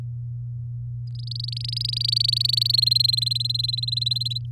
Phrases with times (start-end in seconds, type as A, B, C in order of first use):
1.07-2.72 A, 2.73-4.38 B